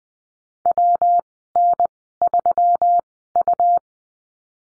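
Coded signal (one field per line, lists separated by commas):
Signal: Morse code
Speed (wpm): 20 wpm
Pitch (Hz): 700 Hz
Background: none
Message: WN3U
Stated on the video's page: Morse course lesson on call signs, Farnsworth speed 20/10 wpm.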